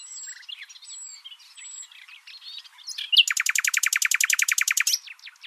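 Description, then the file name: Common nightingale song: quiet thin whistles and buzzy twitters, then a sudden loud fast trill of repeated rattling notes. "Luscinia megarhynchos"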